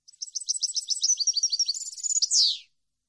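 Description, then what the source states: European goldfinch singing one quick phrase of bright, high chattering notes, ending with a short downslurred buzzy note; nothing else is heard. Clean goldfinch song meant for birds to copy, for song training.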